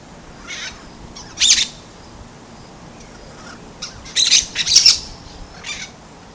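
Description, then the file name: Brown-throated parakeet uttering short, raspy screeches at irregular intervals, with a louder burst of several harsh notes in the second half. Recorded at Bubali, Aruba, on 15 November 2012. "Aratinga-pertinax-Bubali-Aruba-15-11-12-ASilveira"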